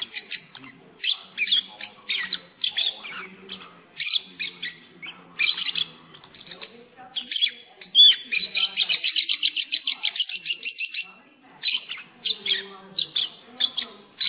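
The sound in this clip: Lovebird chirping in rapid, shrill bursts, with a long run of fast repeated chirps near the middle, then more scattered chatter.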